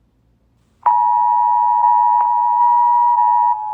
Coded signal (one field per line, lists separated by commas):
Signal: Emergency Alert System (SAME) tones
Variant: 853 and 960 Hz attention tone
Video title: Eas Alarms: animation Asian (part2)